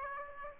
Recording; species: mosquito wingbeat signal from an infrared sensor; Aedes aegypti